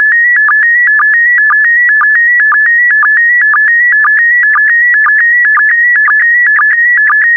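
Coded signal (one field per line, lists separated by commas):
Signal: SSTV (slow-scan television)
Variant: PD120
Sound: steady warbling tones around 1.7-2 kHz, clipped by short low blips twice a second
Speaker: transmission complete you can now check your decoded image against the picture that is shown on the video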